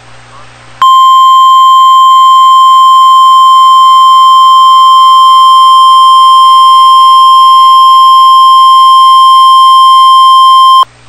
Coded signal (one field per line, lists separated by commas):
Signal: Emergency Alert System (SAME) tones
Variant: 1050 Hz attention tone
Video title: Real NOAA Weather Radio EAS Alert #279